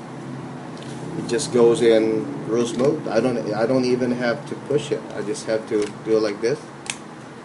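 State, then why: Seated. Someone talks while sliding a magazine into the magazine well of a modified Ruger MK III 22/45 RP pistol, whose plastic grip was filed so the magazine goes in smoothly without force. A sharp click at 6.9 s marks the magazine latching home, seated.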